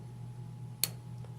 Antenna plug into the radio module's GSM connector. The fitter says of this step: hear the click